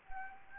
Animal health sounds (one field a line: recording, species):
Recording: mosquito wingbeat signal from an infrared sensor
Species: Anopheles gambiae